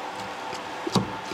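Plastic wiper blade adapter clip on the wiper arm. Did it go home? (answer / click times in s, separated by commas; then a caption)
no / none. The plastic adapter clip on a Porsche wiper blade is handled on the wiper arm after being popped out and flipped over, because the blades come set up for left-hand-drive cars. Faint light taps are heard over a steady background, with the sharpest knock at about 0.95 s. Nothing has seated or clicked yet.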